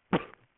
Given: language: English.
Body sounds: throat vibration sensor signal played as sound; cough

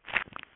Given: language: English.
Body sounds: throat vibration sensor signal played as sound; swallow

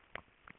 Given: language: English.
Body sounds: throat vibration sensor signal played as sound; swallow

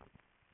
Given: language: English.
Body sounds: throat vibration sensor signal played as sound; swallow

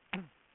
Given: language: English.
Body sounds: throat vibration sensor signal played as sound; throat clearing

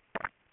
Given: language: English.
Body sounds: throat vibration sensor signal played as sound; swallow

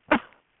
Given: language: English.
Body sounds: throat vibration sensor signal played as sound; cough

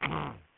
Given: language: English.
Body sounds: throat vibration sensor signal played as sound; throat clearing

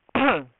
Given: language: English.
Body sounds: throat vibration sensor signal played as sound; cough

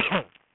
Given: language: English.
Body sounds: throat vibration sensor signal played as sound; cough

